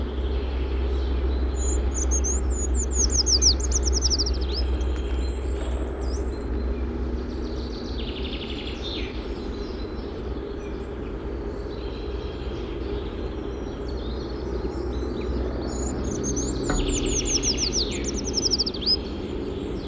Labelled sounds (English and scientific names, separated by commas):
Eurasian Treecreeper (Certhia familiaris) song